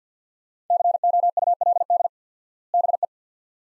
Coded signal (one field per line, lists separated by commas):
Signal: Morse code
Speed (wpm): 50 wpm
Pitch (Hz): 700 Hz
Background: none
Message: COULD BE